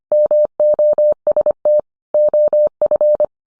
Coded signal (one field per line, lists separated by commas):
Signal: Morse code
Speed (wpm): 25 wpm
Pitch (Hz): 600 Hz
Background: none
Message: MOST OF